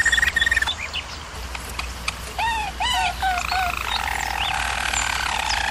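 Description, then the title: Canary song with rising whistled notes, short chirps and quick trills, then a soft rolling passage, over a low steady hum. Canary singing, for canary training. "German Roller Canary Singing - Canary Training Vid"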